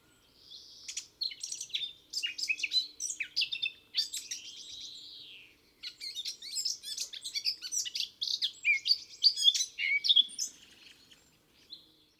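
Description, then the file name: Eurasian blackcap song in two long bursts of scratchy, varied warbling with clearer whistled notes, separated by a brief pause, over a faint low steady hum. "Sylvia atricapilla"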